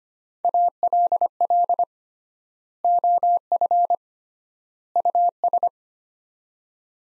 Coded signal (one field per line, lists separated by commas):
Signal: Morse code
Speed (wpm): 25 wpm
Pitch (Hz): 700 Hz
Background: none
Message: ALL OF US